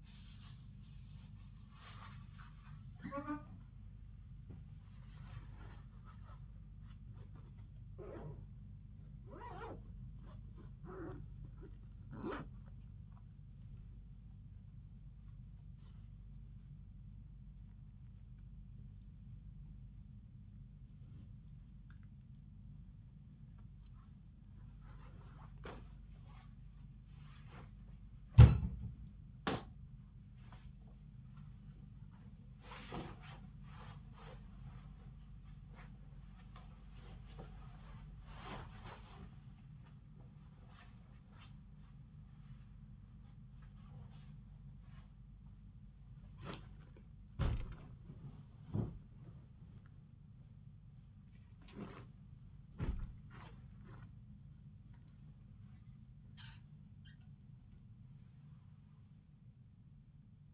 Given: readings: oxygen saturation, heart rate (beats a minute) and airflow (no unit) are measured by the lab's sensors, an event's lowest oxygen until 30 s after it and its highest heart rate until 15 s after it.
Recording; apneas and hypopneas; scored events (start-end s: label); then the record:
a person awake in a sleep study, by a smartphone at the bedside; none
0.00-60.54 s: awake
From the record:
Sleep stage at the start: awake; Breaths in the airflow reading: 22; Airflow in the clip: -0.6 to 0.7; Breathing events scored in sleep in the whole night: 270 in 6.1 hours asleep